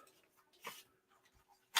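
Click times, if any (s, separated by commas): 1.8 s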